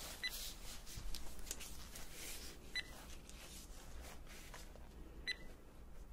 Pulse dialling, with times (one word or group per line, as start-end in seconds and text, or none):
none